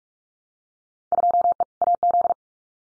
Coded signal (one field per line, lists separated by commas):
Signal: Morse code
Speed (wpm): 44 wpm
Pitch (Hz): 700 Hz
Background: none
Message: 2E AZ